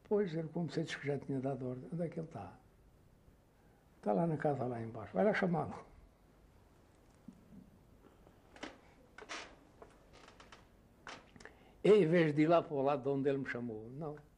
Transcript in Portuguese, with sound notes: "Pois, ele como vomecê diz que já tinha dado a ordem". "Onde é que ele está"? "Está lá na casa lá em baixo". "Vai lá chamá-lo". [pausa] Eu em vez de ir lá para o lado donde ele me chamou, não.